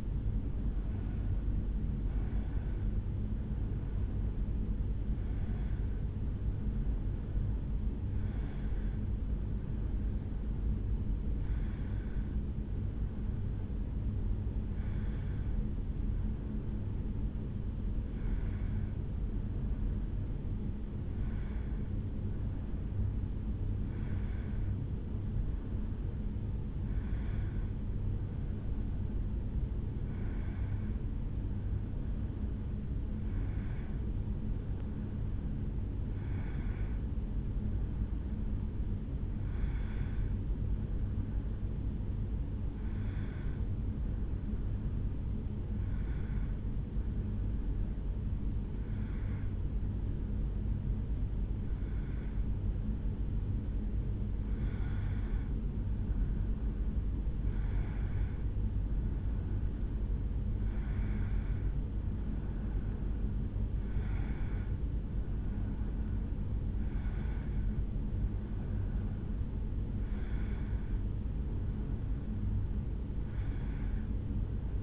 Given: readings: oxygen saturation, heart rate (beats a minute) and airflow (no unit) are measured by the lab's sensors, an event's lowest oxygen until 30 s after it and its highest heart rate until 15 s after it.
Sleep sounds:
breathing in sleep by a smartphone at the bedside; none
42.00-72.00 s: new sleep stage, awake
52.00-74.83 s: awake
72.00-74.83 s: new sleep stage, N1 (lightest sleep)
From the record:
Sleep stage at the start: N1 (lightest sleep); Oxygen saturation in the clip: 92 to 94%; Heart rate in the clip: 71 to 76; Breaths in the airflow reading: 24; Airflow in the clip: -2.8 to 3.0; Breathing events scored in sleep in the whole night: 449 in 7.0 hours asleep

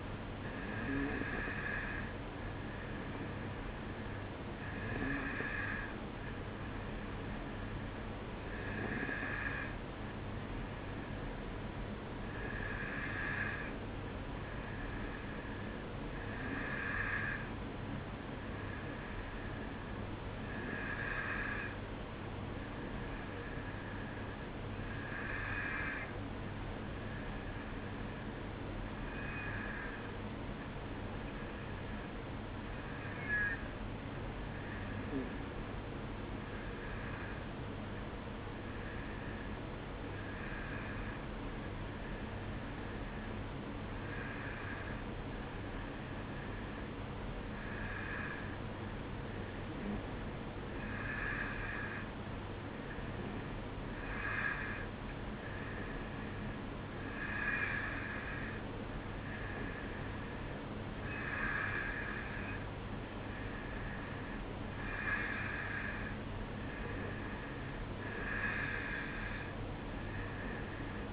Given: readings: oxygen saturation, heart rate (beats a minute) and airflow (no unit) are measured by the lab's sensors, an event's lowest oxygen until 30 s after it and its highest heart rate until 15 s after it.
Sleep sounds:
breathing in sleep by a voice recorder at the bedside; 1
20.00-58.70 s: hypopnea (N1, oxygen 94% highest, then 92% lowest, heart rate 55 at the start, 59 highest)
24.00-71.12 s: new sleep stage, N2 (light sleep)
From the record:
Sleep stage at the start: N1 (lightest sleep); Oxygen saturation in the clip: 92 to 94%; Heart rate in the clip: 53 to 59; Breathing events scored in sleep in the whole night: 305 in 9.6 hours asleep

